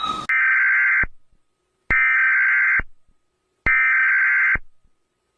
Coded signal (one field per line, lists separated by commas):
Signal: Emergency Alert System (SAME) tones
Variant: header bursts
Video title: Rating EAS Alarms A-Z Again: The Come Back! (Birthday Special)